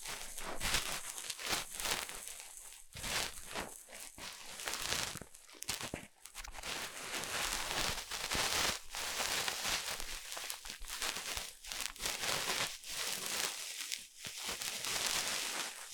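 Dense crinkling and scratching of ear cleaning, bright and hissy, with brief quiet gaps every second or so and faint speech.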